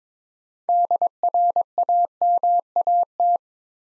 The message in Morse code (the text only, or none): DRAMAT